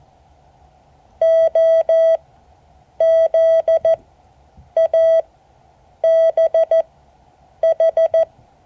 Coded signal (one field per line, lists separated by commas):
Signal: Morse code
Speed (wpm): 14 wpm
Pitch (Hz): 650 Hz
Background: none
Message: OZABH